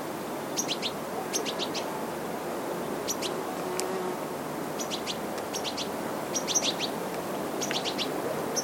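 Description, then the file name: European goldfinch giving quick high twittering notes in small bursts of two to four, spaced irregularly, against a continuous background hiss. "Carduelis carduelis"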